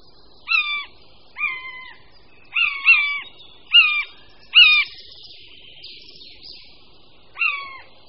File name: Káně-lesní